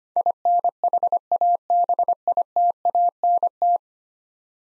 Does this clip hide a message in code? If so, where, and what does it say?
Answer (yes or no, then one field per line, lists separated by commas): yes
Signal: Morse code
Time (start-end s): 0.2-3.8 s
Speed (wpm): 25 wpm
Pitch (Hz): 700 Hz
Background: none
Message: INHABITANT